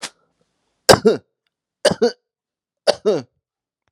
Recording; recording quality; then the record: heavy voluntary cough; excellent, no background noise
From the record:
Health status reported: healthy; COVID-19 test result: negative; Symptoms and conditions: fatigue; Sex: male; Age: 34 years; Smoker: yes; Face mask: not worn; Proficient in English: no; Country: France